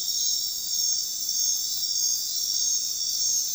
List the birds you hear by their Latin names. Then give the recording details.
none. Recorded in dense forest near Puerto Asís, Putumayo, Colombia, on 21 February 2024 at 01:00. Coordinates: 0.466, -76.327. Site G6413